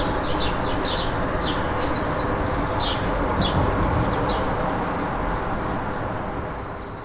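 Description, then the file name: European robin giving scattered high, thin song phrases in the first half, then falling quiet, against a continuous low traffic hum. Singing in a city on 16 February 2015, recorded with an MZ-N710 recorder. "Rouge-gorge dans la ville 16 02 15"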